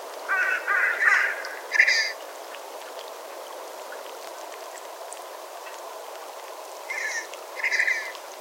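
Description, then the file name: Red-breasted merganser harsh, raspy calls in short bursts, three in quick succession at the start and two more near the end, over a steady background hiss. "Red-breasted Merganser - Mergus serrator"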